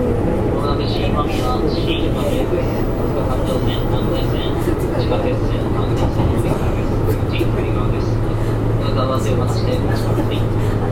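A JR West 201 series local train on the Yamatoji line runs steadily, with a constant low rumble and a faint hum held throughout. Voices murmur over it, and brief clicks and squeaks from the carriage come through irregularly across the eleven seconds.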